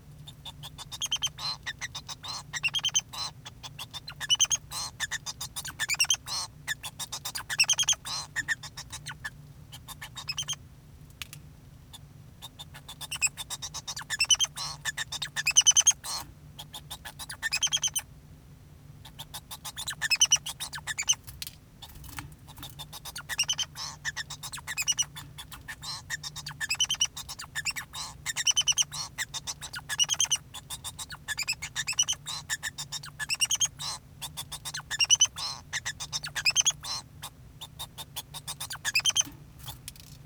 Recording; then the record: song of a male Bengalese finch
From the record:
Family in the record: son of father 2